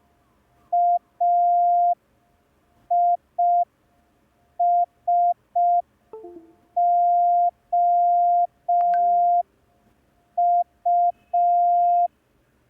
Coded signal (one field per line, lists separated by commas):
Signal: Morse code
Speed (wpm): 5 wpm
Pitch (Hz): 700 Hz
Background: none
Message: AISOU